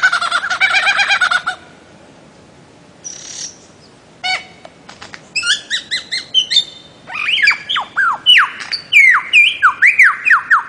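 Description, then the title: Bird-of-paradise calls: a harsh buzzy burst, a short pause, then varied clipped notes building into a quick run of loud, sharply downslurred squawks. Master song used for training songbirds. "Kicau Master Cendrawasih"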